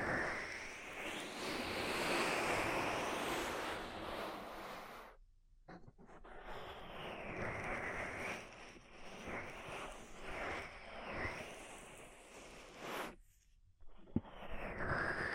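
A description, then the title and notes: ASMR ear treatment: steady, dense rubbing and brushing with sweeping swishes, briefly falling silent near five and thirteen seconds, one sharp click. ASMR Deep Ear Treatment for Sleep (No Talking).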